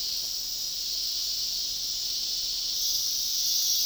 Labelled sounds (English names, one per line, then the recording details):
none
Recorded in dense forest near Puerto Asís, Putumayo, Colombia, on 21 February 2024 at 09:00
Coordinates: 0.500, -76.322
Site G6465